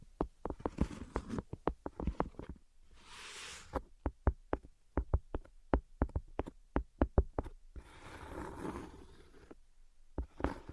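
Quick, sharp taps come in irregular bursts, sometimes several per second, through most of the eleven seconds. Between them run soft scratching and rustling passages, a hissy scrape near three seconds and a denser scratching stretch around eight to nine seconds.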